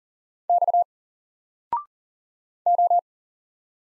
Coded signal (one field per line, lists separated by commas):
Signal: Morse code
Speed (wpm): 38 wpm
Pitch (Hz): 700 Hz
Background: none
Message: X O